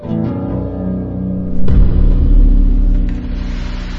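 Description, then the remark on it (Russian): A deep, droning low hum breaks into a sudden thunderous boom partway through, thunder bursting from a column struck by a fist, then rolls on as a loud, heavy rumble that eases slightly toward the end. No voices. “В этот момент из колонны раздался ужасающий силой гром, от которого, казалось, лопнула оболочка вселенной.”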